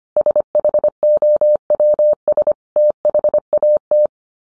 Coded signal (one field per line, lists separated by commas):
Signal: Morse code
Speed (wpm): 25 wpm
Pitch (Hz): 600 Hz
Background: none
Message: SHOWS THAT